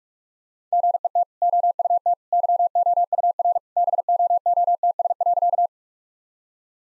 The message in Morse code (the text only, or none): GET OUT YOUR BOOTS.